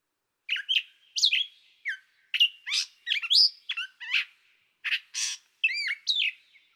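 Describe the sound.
Gray catbird song: a continuous medley of mewing slurs, chatters and sharp squeaky notes, constantly varied, with short gaps and nothing else audible.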